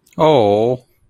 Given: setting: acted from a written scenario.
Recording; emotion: vocal sound without words; adoration